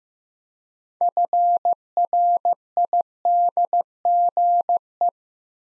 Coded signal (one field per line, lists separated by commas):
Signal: Morse code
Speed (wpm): 15 wpm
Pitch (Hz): 700 Hz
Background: none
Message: FRIDGE